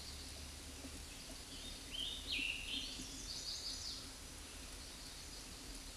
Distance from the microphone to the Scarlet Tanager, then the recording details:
about 35 m. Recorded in a Pennsylvania forest on 19 May 2023 at 12:02. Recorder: AudioMoth, point grid1_7_low. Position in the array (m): 157 m, 29 m